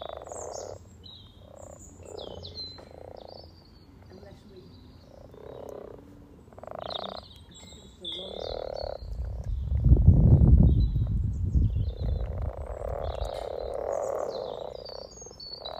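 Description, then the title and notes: Frogs croaking in a chorus of low purring bursts, with a loud low rumble after the middle and birds twittering above. Chorus of about 20 frogs in a sunny garden pond, welcoming arriving females come to spawn; Freshfield, Formby, Merseyside, UK; sunny St Patrick's Day lunchtime, 17 March 2023, spring. "Relaxation Frog Chorus Capturing Voices 2023 Spring first lunch outside. Frog chorus captured on 17th March 2023, Freshfield Formby Merseyside, UK Our first lunch outside on sunny St Patrick’s day 17 March 2023"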